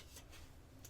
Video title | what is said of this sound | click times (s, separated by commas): How to upgrade the RAM in a Dell G7 7790 (or similar) - EASY! Step by step! | press it down. Make sure both those ears locked into place, and now we're good to go. | 0.9 s